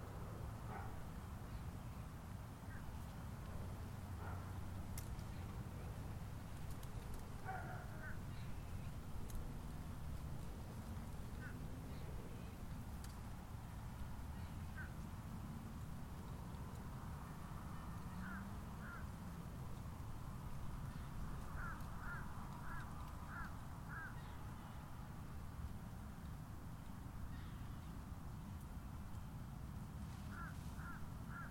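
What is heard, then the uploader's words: Outdoors at a golf course in Palm Harbor, Florida, a steady low rumble runs throughout. Birds call over it in short bursts, with a run of quick repeated caws around the middle and again near the end, plus scattered clicks and faint voices. Golf Course, Palm Harbor FL.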